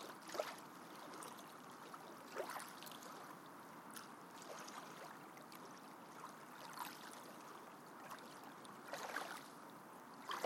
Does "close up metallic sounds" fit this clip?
no